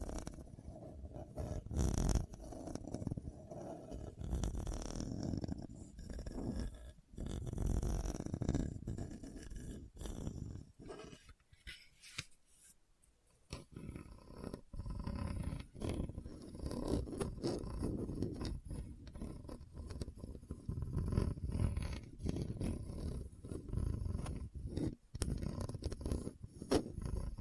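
Hard, bumpy surface scratching runs almost continuously, a dense, rough grinding with sharp clicks and knocks scattered throughout. It breaks off briefly around the twelve-to-fourteen second mark, then resumes just as busy, with a few louder snaps near 25 seconds.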